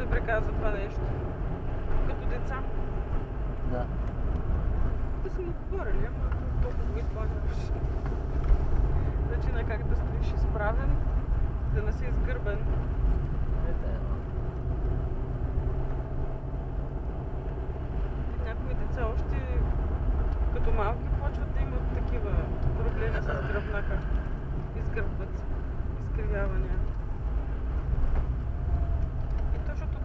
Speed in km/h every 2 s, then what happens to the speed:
50, 50, 45, 37, 41, 41, 39, 34, 36, 39, 40, 44, 42, 33, 28.
3-5 brakes to 37. 5-13 steady at about 39. 23-30 slows to 28.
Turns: 4-11, 11-17.